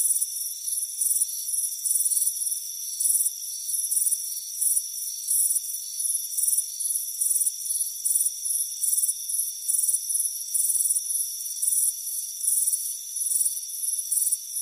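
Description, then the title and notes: Continuous high cricket chorus with rhythmic chirp bursts recurring about once a second and steady ringing tones beneath. Chirping crickets on a warm afternoon on a front porch. "Soothing Crickets Chirping Sound. It's a warm afternoon as you relax in a hammock on the front porch. Relax and fall asleep to the soothing sound of chirping crickets. Deep Sleep Sounds"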